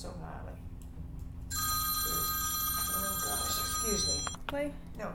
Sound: phone rings